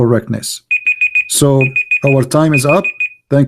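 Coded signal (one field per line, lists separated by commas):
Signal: none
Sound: outro sound beeps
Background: speech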